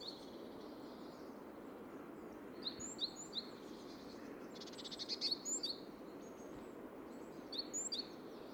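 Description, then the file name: Great tit with scattered thin, high notes in short clusters, plus a brief rattling burst midway, over a steady background hiss. "Parus major"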